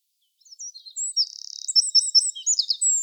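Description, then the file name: Eurasian wren song, a rapid stream of high, piercing chips and quick buzzy trills, loud and tumbling, with no other audible sounds. "Troglodytes troglodytes"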